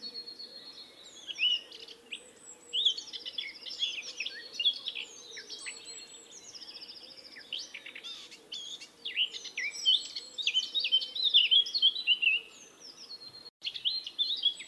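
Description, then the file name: Eurasian blackcap singing a long, rambling warble of rapid chattering and squeaky notes in bursts, pausing briefly around the middle, over a low constant hum. "Sylvia atricapilla"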